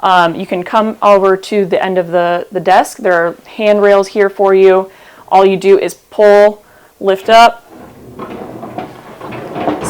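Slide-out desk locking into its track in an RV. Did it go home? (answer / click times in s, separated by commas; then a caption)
yes / 8.8 s. A slide-out desk in a 2026 Brinkley Model Z RV is pulled and lifted by its handrails, then slid out along its track while someone talks. After the speech ends, a soft sliding rumble is heard, and the desk locks into position with a clunk at 8.8 s.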